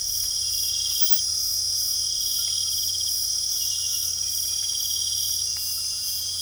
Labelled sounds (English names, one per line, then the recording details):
none
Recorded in pastures near Puerto Asís, Putumayo, Colombia, on 8 March 2025 at 00:30
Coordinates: 0.497, -76.327
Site G072